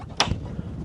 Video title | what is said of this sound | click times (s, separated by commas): 2025 Sea Ray SLX 350 I Available at MarineMax Charleston | drop this backrest down on a soft close and it locks into place. | 0.2 s